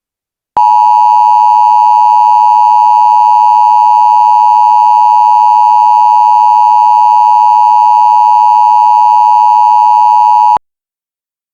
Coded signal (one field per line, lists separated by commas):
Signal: Emergency Alert System (SAME) tones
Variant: 853 and 960 Hz attention tone